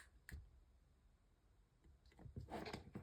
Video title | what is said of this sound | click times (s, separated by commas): Danika Bag Handles & Strap and a Vario Creative Tool Demo | I didn't hear a click. | none